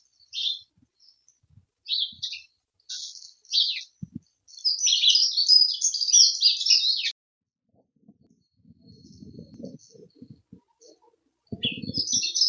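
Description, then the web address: Dunnock singing: a few separate high chirps, then a fast jingling warble of nearly three seconds, with low rumbling noise afterwards. "Heggemus. heggenmus prunella modularis"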